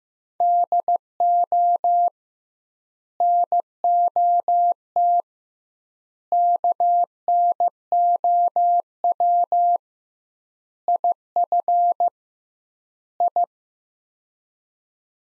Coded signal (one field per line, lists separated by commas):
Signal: Morse code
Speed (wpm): 15 wpm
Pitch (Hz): 700 Hz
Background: none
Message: DO NOT KNOW IF I